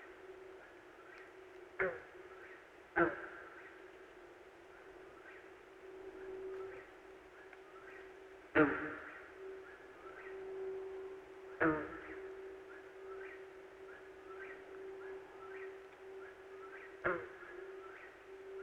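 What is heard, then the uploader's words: An Eastern Whip-poor-will calls over and over at a brisk steady pace above a constant low hum, with five sharp knocks breaking in. Sounds of Perch Lake: The Mesmerizing Persistence of the Eastern Whip-poor-will. This week we are, once again, on the shores of Perch Lake in Grand Traverse County, Michigan.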